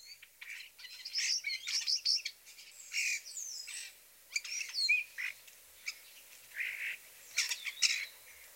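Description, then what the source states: European Starlings giving complex chatter: harsh squawks, squeaky squeals, clicks and short whistles in irregular bursts. Several birds giving typical complex vocalizations: high-pitched squeaky squeals, wolf whistles, garbled clucks and clicks.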